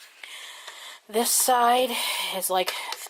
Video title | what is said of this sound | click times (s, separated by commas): DO I HAVE IT? 💤😷- OBSTRUCTIVE SLEEP APNEA - CPAP MACHINE | then push you hear click you know that's secure in this | 0.2 s